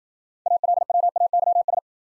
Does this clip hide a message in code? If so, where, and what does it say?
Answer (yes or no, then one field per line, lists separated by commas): yes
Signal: Morse code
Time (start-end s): 0.5-1.8 s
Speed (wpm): 53 wpm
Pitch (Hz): 700 Hz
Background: none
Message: ALWAYS